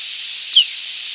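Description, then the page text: Snow bunting giving a single thin, high note that slurs downward, heard once over a steady loud hiss. Presumed snow bunting nocturnal flight call, recorded at night in Nebraska on November 4, 1996. "presumed Snow Bunting nocturnal flight calls Fig.5. Nebraska November 4, 1996 (WRE)"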